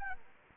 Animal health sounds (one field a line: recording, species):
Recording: mosquito wingbeat signal from an infrared sensor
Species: Anopheles gambiae